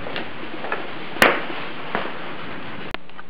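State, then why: Seated. Quarter-turn twist locks on an aluminium Trax Alu-Box pannier case are twisted shut as the case is fitted to its side rack on a 2008 Gen II Hayabusa motorcycle. Against a steady background hiss, a sharp click at 1.2 s and another at 3.0 s mark the locks seating, with lighter taps in between. The pannier is locked into place and that side is on.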